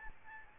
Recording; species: mosquito wingbeat signal from an infrared sensor; Aedes albopictus